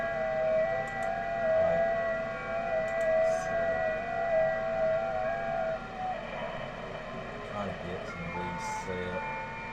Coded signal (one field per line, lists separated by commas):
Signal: FT8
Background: speech